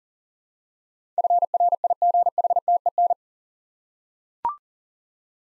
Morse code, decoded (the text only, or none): FRIGHTEN